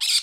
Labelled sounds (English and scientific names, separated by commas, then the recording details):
Brown-throated Parakeet (Eupsittula pertinax) contact call
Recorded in Curacao
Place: Hoffi Jan Thiel
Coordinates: 12.094, -68.877